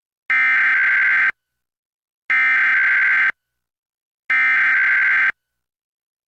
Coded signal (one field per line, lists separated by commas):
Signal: Emergency Alert System (SAME) tones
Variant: header bursts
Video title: EAS #1051-1052: 2 EAS Required Monthly Tests- Feb. 5, 2025- 12:15AM PST